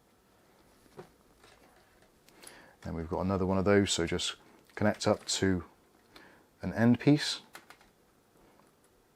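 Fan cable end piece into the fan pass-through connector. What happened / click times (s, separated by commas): The fan connector end piece is handled but has not yet snapped home / none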